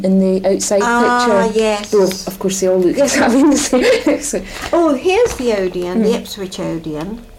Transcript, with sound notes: In the outside picture.
Ah yes.
Of course they all look exactly the same. [laughs]
Oh. Here's the Odeon.
Mhm.
The Ipswich Odeon.